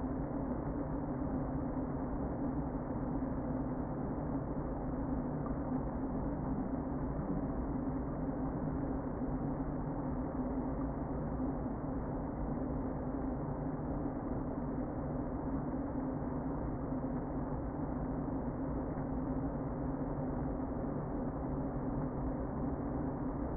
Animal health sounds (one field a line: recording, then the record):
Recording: honeybee colony, microphone inside the hive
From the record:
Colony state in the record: queen present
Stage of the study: before two queens were removed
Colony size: about 60,000 bees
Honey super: yes